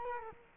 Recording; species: mosquito wingbeat signal from an infrared sensor; Culex quinquefasciatus